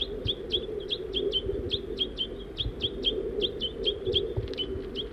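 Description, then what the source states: Crossbill calls, quick sharp chips repeated three to four per second, over soft background noise. Family of four, adult male, female and two juveniles, in Virginia and Table Mountain pines; female and juvenile feeding.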